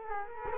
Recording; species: mosquito wingbeat signal from an infrared sensor; Culex quinquefasciatus